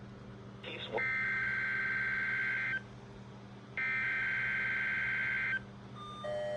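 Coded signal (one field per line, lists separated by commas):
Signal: Emergency Alert System (SAME) tones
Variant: header bursts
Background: speech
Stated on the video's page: Required weekly test on NOAA weather radio.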